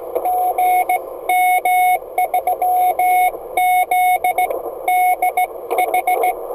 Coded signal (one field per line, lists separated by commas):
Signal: Morse code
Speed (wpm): 16 wpm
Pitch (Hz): 730 Hz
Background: none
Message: GM3ZDH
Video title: Morse code DX